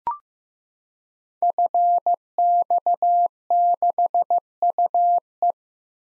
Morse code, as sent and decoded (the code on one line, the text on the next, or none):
..-. -..- -.... ..- .
FX6UE